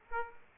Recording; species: mosquito wingbeat signal from an infrared sensor; Aedes aegypti